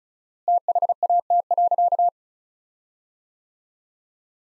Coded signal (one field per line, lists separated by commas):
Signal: Morse code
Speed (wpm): 36 wpm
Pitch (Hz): 700 Hz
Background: none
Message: THAT.